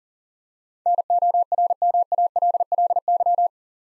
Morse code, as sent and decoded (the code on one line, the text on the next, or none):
-. --- .-. -- .- .-.. .-.. -.--
NORMALLY